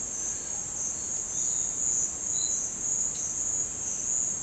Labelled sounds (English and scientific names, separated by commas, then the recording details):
none
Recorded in dense forest near Puerto Asís, Putumayo, Colombia, on 22 December 2024 at 08:30
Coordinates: 0.466, -76.327
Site G075